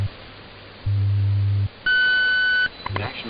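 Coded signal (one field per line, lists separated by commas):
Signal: radio time signal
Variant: WWV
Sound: a low hum, then one steady high tone lasting under a second, over static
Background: radio static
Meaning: The long 1500 Hz tone marks the start of the hour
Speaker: At the time, 22 hours 0 minutes Coordinated universal time.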